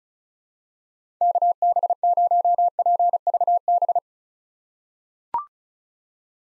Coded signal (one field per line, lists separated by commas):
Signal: Morse code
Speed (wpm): 36 wpm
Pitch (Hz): 700 Hz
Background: none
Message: KB0PVB